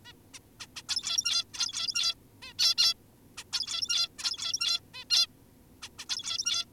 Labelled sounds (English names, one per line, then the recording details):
Zebra Finch
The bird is an adult
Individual g17y2U